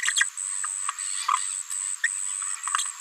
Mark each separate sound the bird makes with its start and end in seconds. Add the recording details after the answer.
0.16-0.24, 2.03-2.08. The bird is a female. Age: 29 days. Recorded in a nest box in Venezuela. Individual 17B73B2